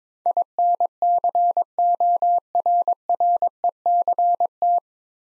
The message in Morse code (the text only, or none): INCORRECT